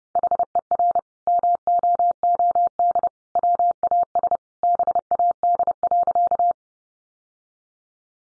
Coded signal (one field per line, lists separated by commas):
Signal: Morse code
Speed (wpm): 30 wpm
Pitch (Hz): 700 Hz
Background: none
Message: HER MOOD WAS BAD.